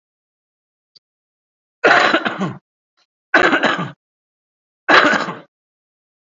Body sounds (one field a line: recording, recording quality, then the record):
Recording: heavy voluntary cough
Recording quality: excellent, no background noise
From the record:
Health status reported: COVID-19 positive, no symptoms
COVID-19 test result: positive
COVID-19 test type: RT-PCR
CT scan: not taken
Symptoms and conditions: ischaemic heart disease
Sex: male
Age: 45 years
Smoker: yes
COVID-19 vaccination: one dose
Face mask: worn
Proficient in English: no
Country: India